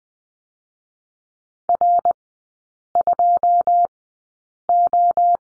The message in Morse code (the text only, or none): R2O